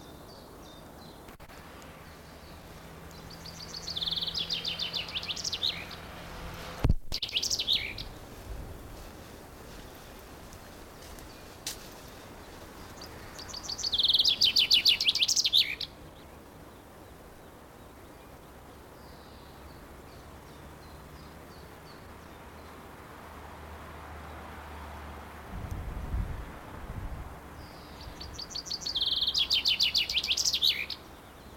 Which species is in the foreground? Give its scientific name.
Fringilla coelebs